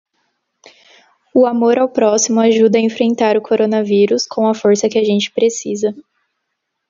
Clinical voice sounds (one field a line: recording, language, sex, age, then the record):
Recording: spoken sentence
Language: Brazilian Portuguese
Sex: female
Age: 18 to 19 years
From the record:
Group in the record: control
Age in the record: 19 years